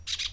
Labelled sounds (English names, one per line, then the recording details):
Brown-throated Parakeet contact call
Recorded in Venezuela
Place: PN Cerro Saroche, Tierras del Sr. Polo, Edo. Lara
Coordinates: 10.171, -69.518